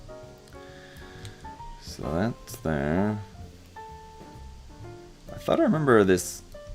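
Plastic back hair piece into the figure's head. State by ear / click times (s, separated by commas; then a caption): not seated / none. The plastic back hair piece of a Megami Device Sitara Kaneshiya Ver. Ganesha model kit figure is handled at the figure's head while someone talks over background music. Nothing has seated or clicked into place yet.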